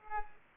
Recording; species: mosquito wingbeat signal from an infrared sensor; Culex pipiens